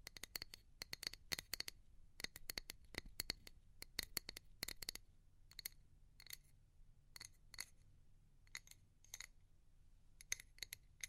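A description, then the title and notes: Quick fingernail tapping on a hard, glassy surface, with bright, ringing clicks. The taps come fast and dense for the first five seconds, then slow to scattered single taps and short pairs. A low, steady hum runs underneath throughout. ASMR Pure Tapping Fast and Slow (No Talking).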